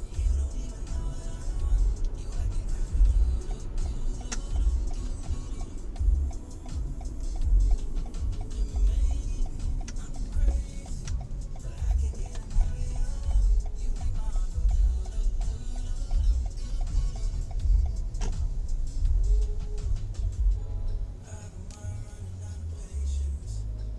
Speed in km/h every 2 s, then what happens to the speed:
33, 32, 32, 28, 22, 14, 8, 11, 12, 11, 7, 0.
0-11 slows to 8. 11-18 steady at about 11. 18-24 slows to 0.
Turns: 8-16.